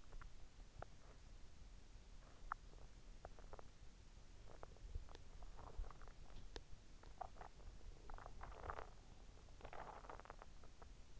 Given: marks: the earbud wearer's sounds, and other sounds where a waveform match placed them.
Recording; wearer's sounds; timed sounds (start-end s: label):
sounds in sleep by an in-ear microphone; teeth grinding
0.00-11.20 s: teeth grinding